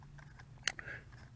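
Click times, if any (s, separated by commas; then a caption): 0.7 s. A front plastic arm of the foldable LH X41F Pioneer optical-flow quadcopter is swung out on the drone body until it locks open. After faint handling ticks, a sharp, bright click sounds at 0.7 s, followed by a softer click at 0.8 s and a brief hiss. The arm is seated, locked into place.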